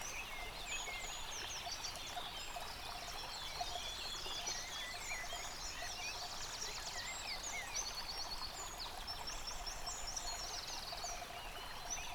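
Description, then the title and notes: Birds twittering and trilling together without pause, high busy phrases over the continuous noise of a brook. Bird chorus recorded beside a stream at Dlouhý Důl, Krásná Lípa, Czechia, on a ZOOM H6 recorder. "Dlouhý Důl 14, 407 47 Krásná Lípa, Czechia - Ptáci a potok. Ptačí sněm snímaný u potoka.. nahráno na ZOOM H6"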